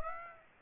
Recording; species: mosquito wingbeat signal from an infrared sensor; Aedes aegypti